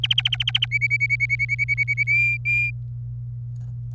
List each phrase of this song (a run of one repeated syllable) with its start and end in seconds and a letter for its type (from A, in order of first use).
0.00-0.65 A, 0.71-2.03 B, 2.07-2.70 C, 3.94-3.94 D